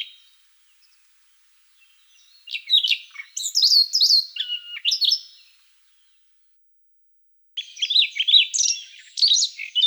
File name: solovey krasnosheyka golos